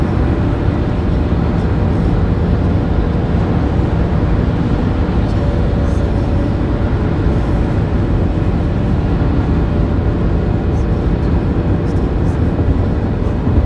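Steady highway driving noise fills the whole recording, a dense, constant low rumble that barely changes in level. A faint hum holds steady underneath, with a few brief, soft brighter hiss bursts around six and eleven seconds.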